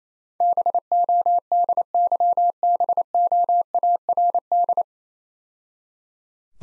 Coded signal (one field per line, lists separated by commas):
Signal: Morse code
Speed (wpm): 28 wpm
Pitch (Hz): 700 Hz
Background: none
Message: BODYBOARD